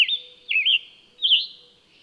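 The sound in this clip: Bird song of three warbled, looping whistled phrases in quick succession.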